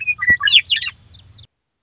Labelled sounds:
Western Meadowlark
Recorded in Sonoma County, California

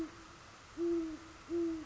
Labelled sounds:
Great Horned Owl
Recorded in Sonoma County, California

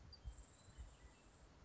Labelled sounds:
Grasshopper Sparrow
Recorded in Sonoma County, California

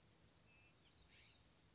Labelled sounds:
California Scrub-Jay
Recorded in Sonoma County, California

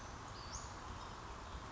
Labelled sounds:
Western Flycatcher
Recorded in Sonoma County, California

